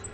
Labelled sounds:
Black-throated Green Warbler flight call

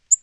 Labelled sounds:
Yellow-rumped Warbler flight call

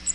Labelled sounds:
Cape May Warbler flight call

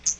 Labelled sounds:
Hooded Warbler flight call

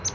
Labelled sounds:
Palm Warbler flight call

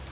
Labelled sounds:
American Redstart flight call

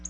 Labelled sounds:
Black-throated Blue Warbler flight call

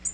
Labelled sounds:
Tennessee Warbler flight call

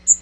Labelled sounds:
Magnolia Warbler flight call

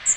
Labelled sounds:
Magnolia Warbler flight call

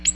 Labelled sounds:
Ovenbird flight call

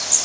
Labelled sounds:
Cerulean Warbler flight call

